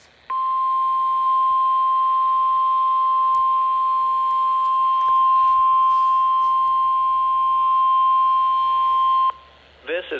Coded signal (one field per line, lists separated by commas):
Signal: Emergency Alert System (SAME) tones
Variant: 1050 Hz attention tone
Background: speech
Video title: KZZ61 Required Weekly Test in a St. Vincent De Paul (EAS #84)